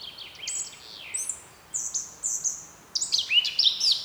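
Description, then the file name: Eurasian blackcap song: a run of clear whistled and fluty phrases, sliding down and up, repeated throughout with short gaps between bursts. "Sylvia atricapilla"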